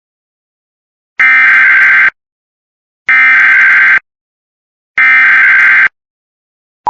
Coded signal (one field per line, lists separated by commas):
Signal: Emergency Alert System (SAME) tones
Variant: header bursts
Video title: Extremely RARE for North Dakota Boiling Water Notice/CEM (EAS 87)￼￼￼